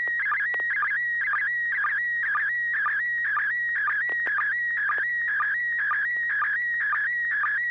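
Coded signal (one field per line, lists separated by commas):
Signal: SSTV (slow-scan television)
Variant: PD120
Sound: warbling tone shifting in pitch, with a short low chirp about twice a second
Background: low hum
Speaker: AI6DG, and see you have a picture if you're ready to send over.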